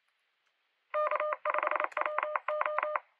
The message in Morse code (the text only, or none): K5WO